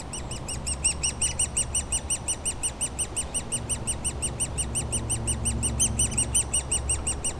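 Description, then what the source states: Woodpecker nestlings begging with rhythmic, shrill repeated squeaks over a low droning aircraft. Woodpecker nestlings squawking continuously in their cavity at the foot of a dead tree trunk, Bois Saint-Martin near Lognes aerodrome, Noisy-le-Grand, France; light aircraft and airliners flying overhead; recorded with a DR-40X.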